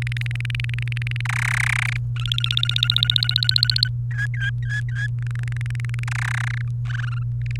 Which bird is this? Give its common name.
Domestic Canary